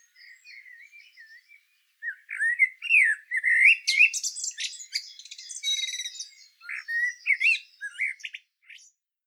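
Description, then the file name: Common blackbird song with low fluted warbling phrases leading into dense, scratchy twittering and squeaky notes, in varied, unhurried bursts. "Turdus merula"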